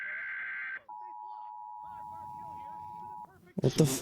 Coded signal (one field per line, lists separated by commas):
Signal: Emergency Alert System (SAME) tones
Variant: 853 and 960 Hz attention tone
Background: speech